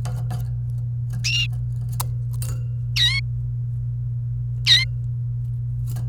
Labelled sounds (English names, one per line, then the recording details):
Domestic Canary song
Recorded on 28 April 2018 at 10:11
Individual llb3